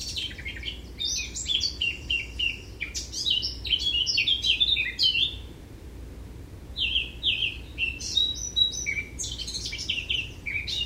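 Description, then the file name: Eurasian blackcap song: two rich, varied warbling phrases of quick high notes separated by a brief pause, over faint low hum. "Sylvia atricapilla"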